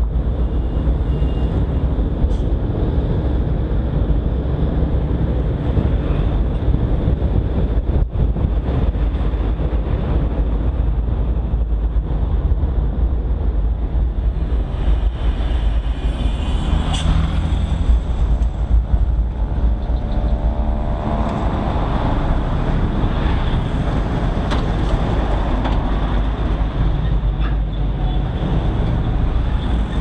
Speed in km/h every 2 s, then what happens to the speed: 37, 38, 37, 37, 36, 32, 26, 22, 16, 12, 8, 4, 3, 1, 0.
0-9 steady at about 37. 9-25 slows to 1. 25-30 standing.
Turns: 17-19.